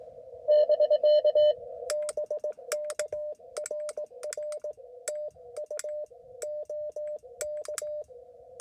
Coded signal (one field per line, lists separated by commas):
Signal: Morse code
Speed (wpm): 19 wpm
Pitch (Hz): 600 Hz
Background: radio noise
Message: <BK> BK RR TU OK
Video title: POTA @ Las Cienegas National Conservation Area — A Quick Activation